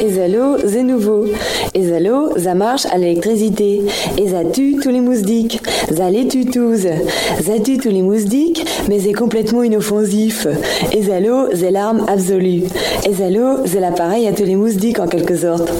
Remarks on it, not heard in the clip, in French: La marque c'était Zalo. C'était un insecticide. Ça tuait tous les moustiques. Et Richard Gottener a eu l'idée géniale de faire enregistrer cette publicité par une nana qui allait volontairement zozoter.